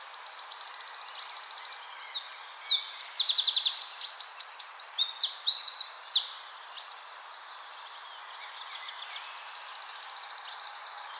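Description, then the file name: Eurasian wren singing: a shrill rapid trill, then about five seconds of loud tumbling notes and rattles. "Troglodytes troglodytes"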